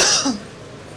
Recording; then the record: coughing mixed with background sound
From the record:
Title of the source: November cold (wet coughing)